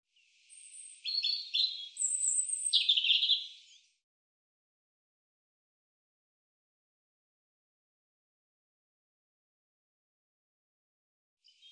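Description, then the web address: European robin song: one rich phrase of twittering trills and high thin notes, then a long silence and a faint fragment at the end. "cianscape birddata Deverinetal 2025 Bird Er Ru"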